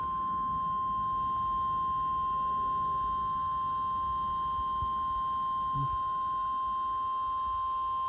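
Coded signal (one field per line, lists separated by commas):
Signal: Emergency Alert System (SAME) tones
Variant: 1050 Hz attention tone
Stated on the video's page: Compilation of required weekly tests off NOAA Weather Radio transmitters; KHB60 and WWG24 each failed at least once.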